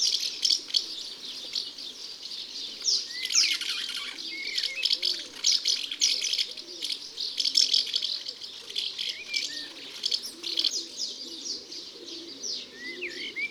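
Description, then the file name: Common house martin twittering song, a dense run of dry chirps and buzzy trills going on throughout, with soft low cooing notes underneath. "Hirondelle de fenetre ABC des chants doiseaux"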